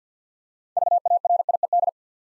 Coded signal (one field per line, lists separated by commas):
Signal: Morse code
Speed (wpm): 48 wpm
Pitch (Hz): 700 Hz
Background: none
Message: VARIED